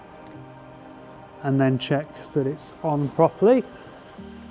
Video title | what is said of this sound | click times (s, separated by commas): How To Fit A Land Rover Defender Predator x Lazer LED Roof Light Pod | slide them in together listen for the click | 0.3 s